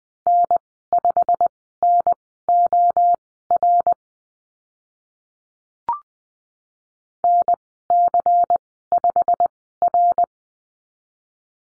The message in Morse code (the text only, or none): N5NOR NC5R